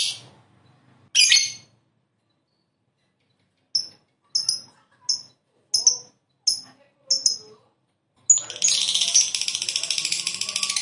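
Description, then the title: Lovebird calling: two harsh bursts, then a series of short high chirps after a pause, ending in a sustained, loud, rattling chatter. "Suara Lovebird Ini"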